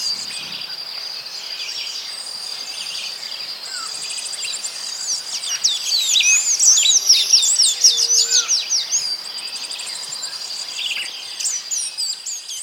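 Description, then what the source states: Hummingbirds giving rapid high-pitched twittering chips that swell into a dense burst midway, with a constant shrill insect drone behind. Several hummingbirds in tropical rainforest.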